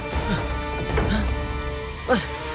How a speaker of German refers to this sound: Eine Schlange, Watson. Sie kriecht durch das Loch.